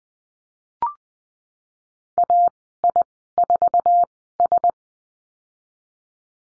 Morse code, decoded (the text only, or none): AI4S